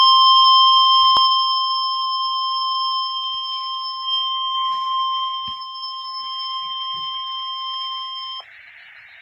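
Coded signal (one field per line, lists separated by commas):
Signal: Emergency Alert System (SAME) tones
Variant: 1050 Hz attention tone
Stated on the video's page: Severe Thunderstorm Warning received from weather radio station WXJ55.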